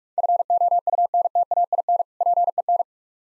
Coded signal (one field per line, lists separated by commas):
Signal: Morse code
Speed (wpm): 46 wpm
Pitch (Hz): 700 Hz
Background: none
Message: FOUNTAIN PEN